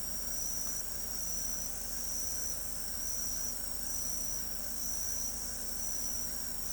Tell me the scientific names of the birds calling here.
none